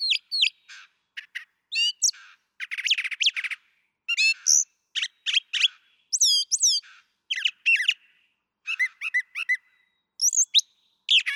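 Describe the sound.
Brown thrasher singing a fast, varied string of short phrases, often repeated in pairs, with harsh rasping notes alternating with clear whistled swoops over a silent background.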